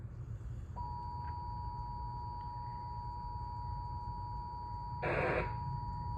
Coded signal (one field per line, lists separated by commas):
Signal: Emergency Alert System (SAME) tones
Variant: 853 and 960 Hz attention tone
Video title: Emergency alert system severe thunderstorm warning issued today